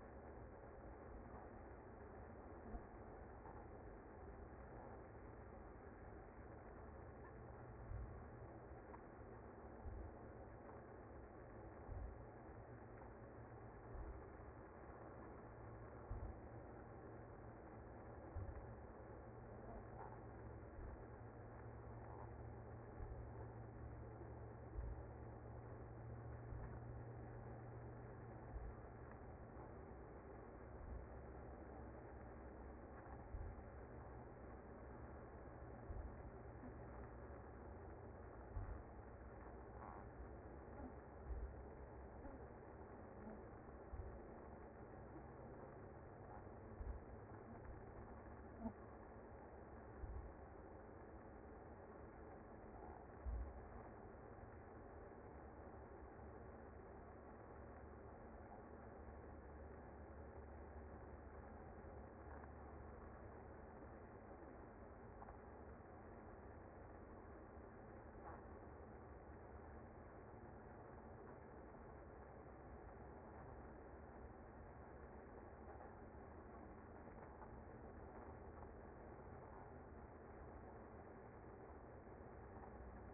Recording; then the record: honeybee colony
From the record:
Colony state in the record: active